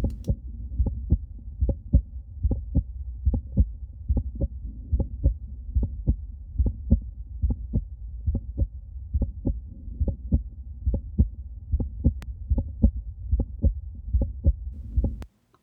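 Regular heart sounds at about 72 beats a minute at Botkin's point in an adult slightly over 50 with severe arterial hypertension, blood pressure 290/200. Each beat has a crisp, loud extra click early in systole. This is a loud aortic ejection sound, heard over nearly the whole precordium. It is rare in hypertension, and echocardiography shows a normal aortic valve and ascending aorta.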